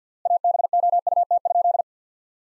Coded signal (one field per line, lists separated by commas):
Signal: Morse code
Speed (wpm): 49 wpm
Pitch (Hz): 700 Hz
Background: none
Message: ABOUT?